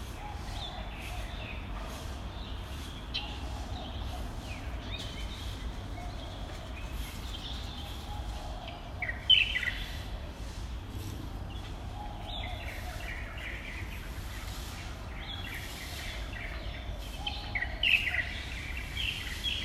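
Birds chatter and chirp among the neighbours' morning gathering, a dense, continuous mix of overlapping calls. A steady low rumble runs underneath throughout. Sharper, louder chirps stand out near nine seconds and again around eighteen seconds.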